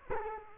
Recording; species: mosquito wingbeat signal from an infrared sensor; Culex quinquefasciatus